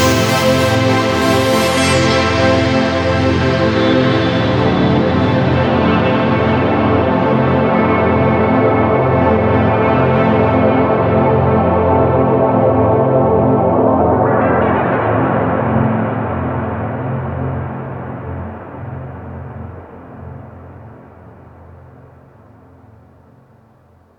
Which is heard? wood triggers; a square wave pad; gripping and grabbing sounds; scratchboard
a square wave pad